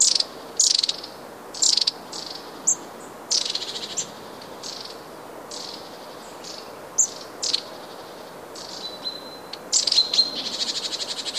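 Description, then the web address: Long-tailed tit giving rasping buzzy bursts and thin sustained high notes, with a trilled rattling series near the close, calls coming every second or so. "wroblowe kolekcja raniuszek"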